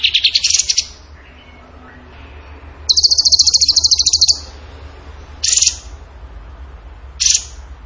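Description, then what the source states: Bird song: quick opening notes, a loud rapid high trill of about one and a half seconds, then two short sharp bursts. Masteran training recording; tembakan gacor song style.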